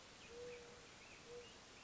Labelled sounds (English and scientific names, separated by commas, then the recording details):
Mourning Dove (Zenaida macroura)
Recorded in Sonoma County, California